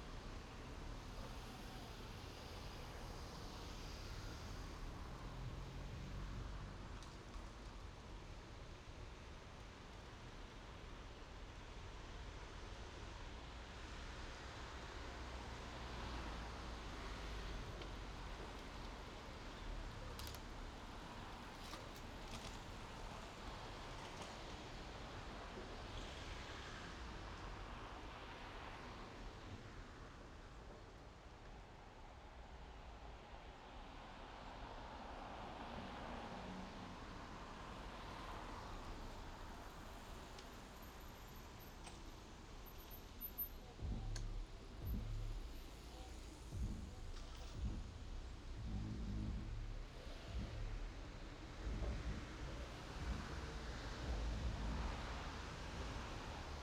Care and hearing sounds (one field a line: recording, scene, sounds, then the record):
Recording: everyday scene through a hearing-aid microphone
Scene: in traffic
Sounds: traffic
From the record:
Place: main road on the outskirts, rush hour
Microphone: in the ear canal, left